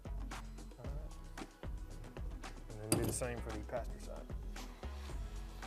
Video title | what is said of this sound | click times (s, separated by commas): Coyote Valve Cover Leak Fix - GT500 "Predator" M-6067-M52S Aluminum Cam Covers - How To Install | Probably turn it by hand till it clicks. | 2.9 s